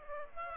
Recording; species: mosquito wingbeat signal from an infrared sensor; Aedes aegypti